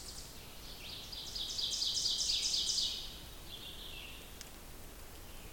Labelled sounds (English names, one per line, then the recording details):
Ovenbird song
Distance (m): 30 m
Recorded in boreal forest in Alberta, Canada, on 2 June 2016 at 08:20
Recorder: SongMeter 3, array SBT-3-7
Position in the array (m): 23 m, 135 m
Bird 4